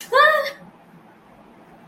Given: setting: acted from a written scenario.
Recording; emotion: vocal sound without words; fear